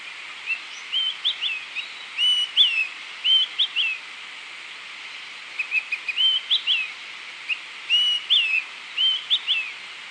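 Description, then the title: Bird singing high, rapid phrases of sharp chirps and upslurred whistled notes, repeated in bursts with brief pauses, over a steady background hiss. "LuckyPassaro Completos2Sama"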